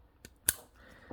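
The large plastic connector on an HID ballast harness, part of an HID bulb kit for a 2010 MK5 Volkswagen Jetta 2.5L 5-cylinder, is pushed onto its matching HID connector. A faint tick at 0.2 s comes before a single sharp, bright click at 0.5 s, followed by a soft low knock near 1.1 s. The connector seats with that click.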